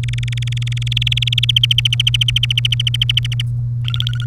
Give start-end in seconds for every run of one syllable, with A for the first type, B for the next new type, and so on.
0.03-1.51 A, 1.56-3.42 B, 3.85-4.25 C